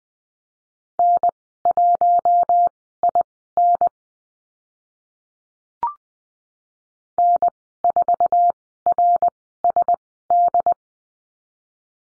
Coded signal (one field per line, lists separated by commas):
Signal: Morse code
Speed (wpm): 20 wpm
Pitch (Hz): 700 Hz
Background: none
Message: N1IN N4RSD